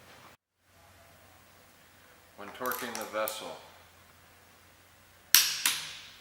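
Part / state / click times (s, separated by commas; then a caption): torque wrench on a pressure vessel closure bolt / torque reached / 5.3 s. A torque wrench set to its lowest value of 50 ft-lbs tightens a closure bolt on a Cortest high-temperature, high-pressure vessel holding a tensile specimen. Someone talks, then after a quiet pause the wrench gives a sharp click at 5.4 s, followed by a fainter snap just after. The wrench has reached its set torque.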